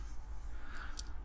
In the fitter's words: we need is to push that in two clicks into place